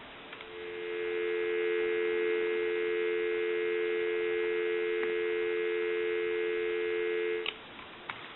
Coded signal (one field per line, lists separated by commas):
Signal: telephone call progress tone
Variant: North America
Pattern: dial tone